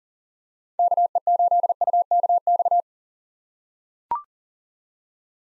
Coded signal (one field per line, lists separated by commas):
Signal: Morse code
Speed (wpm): 40 wpm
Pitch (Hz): 700 Hz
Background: none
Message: KE8UKX